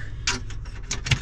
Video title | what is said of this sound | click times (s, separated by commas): Onze ogen uitgekeken bij Megastore de Wit in Schijndel @2023#073 | hiermee vast. Klik. Kijk, en dan kan hij geen kant op. | 0.3 s